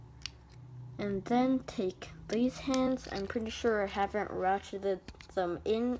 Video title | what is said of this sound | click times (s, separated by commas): Transformers Studio Series Dino review! | until it snaps into place | 0.3 s